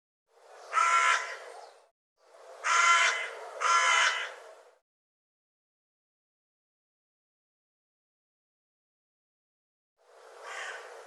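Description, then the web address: Bird giving harsh, rasping caws: one, then two in quick succession, a long silence, and one more near the end. "cianscape birddata Deverinetal 2025 File cleaned normalized Bird"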